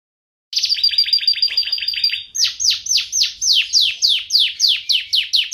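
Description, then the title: Bird song: a high trill, then a fast series of loud, sharply descending whistled sweeps, repeated about three times a second. "KICAU BURUNG"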